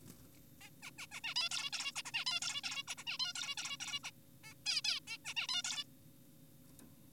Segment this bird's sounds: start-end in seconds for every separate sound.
0.61-0.70, 0.83-0.91, 0.98-1.07, 1.12-1.20, 1.24-1.34, 1.36-1.49, 1.51-1.70, 1.73-1.92, 1.96-2.02, 2.06-2.12, 2.14-2.25, 2.26-2.40, 2.42-2.62, 2.64-2.83, 2.88-2.95, 2.98-3.04, 3.07-3.18, 3.20-3.33, 3.36-3.55, 3.58-3.77, 3.80-4.00, 4.04-4.11, 4.44-4.54, 4.66-4.81, 4.85-5.00, 5.08-5.18, 5.25-5.34, 5.37-5.47, 5.49-5.62, 5.64-5.84